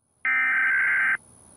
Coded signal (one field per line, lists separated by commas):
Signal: Emergency Alert System (SAME) tones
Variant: header bursts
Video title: EAS Scenario #18 - The Largest Neutron Star Collision